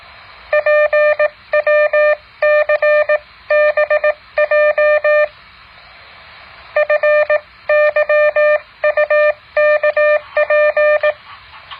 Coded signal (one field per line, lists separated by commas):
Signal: Morse code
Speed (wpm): 18 wpm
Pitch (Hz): 600 Hz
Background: none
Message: PWCBJ FYUKP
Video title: แบบฝึกหัด Morse code 10.6